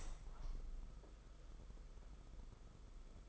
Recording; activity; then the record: daily activity, microphone in the room; open window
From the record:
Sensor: 5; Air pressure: 991.4 hPa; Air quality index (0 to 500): 104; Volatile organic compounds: 20 ppm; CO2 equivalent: 2697 ppm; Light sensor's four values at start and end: 39/125/47/50 and 39/125/47/51